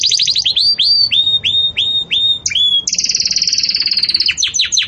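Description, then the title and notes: Belgian canary song with a series of bright bell-like whistles, each dropping then levelling, followed by a fast high buzzing trill. Belgian canary, song style called campainha (bell), for tutoring young canaries being raised. "Belíssimo Canto Do Canário Belga Campainha Para Encarte De Filhotes. CANARIO"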